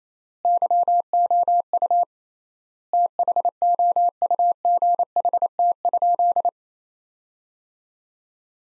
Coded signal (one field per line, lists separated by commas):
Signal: Morse code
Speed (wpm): 28 wpm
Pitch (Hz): 700 Hz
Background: none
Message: YOU THOUGHT?